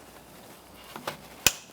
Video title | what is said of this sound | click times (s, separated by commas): How to Replace AC Condenser 2004-2008 Acura TL | Press it in until you hear it click, and you're good to go. | 1.5 s